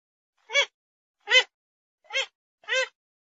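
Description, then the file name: Grey-headed swamphen giving four short nasal call notes, uneven in loudness and spacing, the second loudest. "Tieng trich co"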